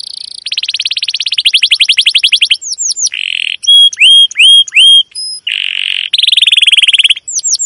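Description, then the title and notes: Domestic canary song: a fast rattling trill, then curved sweeping notes, repeated clear whistled notes and buzzy rolls. Domestic canary with long, continuous chirping song used as a lure and master song for teaching young canaries to sing. "CUIT CUIT NGEROL LANGSUNG GACOR PANJANG Kenari Ini AMPUH Utk Pancingan KENAR ( 2). PANCINGAN Kenari GACOR PANJANG Cuit CUIT EMOSI ini AMPUH utk MASTERAN Kenari PAUD belajar BUNYI. burung kenari"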